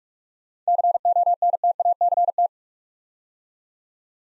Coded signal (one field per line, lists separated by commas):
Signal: Morse code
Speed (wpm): 44 wpm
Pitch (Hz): 700 Hz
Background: none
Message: CONTACT